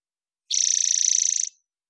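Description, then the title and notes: Spotted towhee song: one quick, rattling buzzy trill of about a second, its pulses even and the pitch level throughout, in silence. Pacific Northwest, Washington, United States; parabolic microphone, clean-processed for clarity with natural pace and rhythm kept. "Spotted Towhee Song. Recorded in the beautiful Pacific Northwest, Washington, United States"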